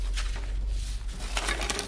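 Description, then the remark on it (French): Paper sheets rustle and shuffle in a steady stream of crisp, crackling bursts, growing busier toward the end, over a low constant hum with no voices. “Excusez-moi, c'est un peu le bordel dans les feuilles.”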